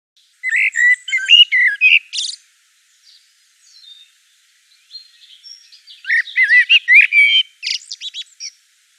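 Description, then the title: Common blackbird: a loud, fluty warbling phrase with a scratchy high finish, a lull with faint notes, then a second flowing phrase and twittering tail. Recorded in Provence. "Sylvain Jaskowiak - Mes piafs. Merle noir en Provence"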